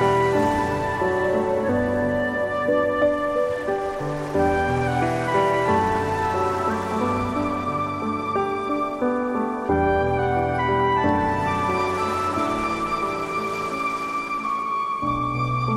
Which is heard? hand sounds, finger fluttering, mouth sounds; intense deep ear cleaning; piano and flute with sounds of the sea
piano and flute with sounds of the sea